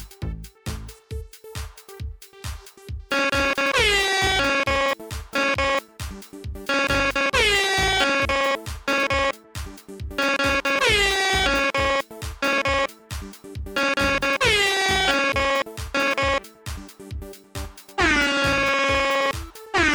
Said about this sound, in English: The Ben theme song as sung by air horns.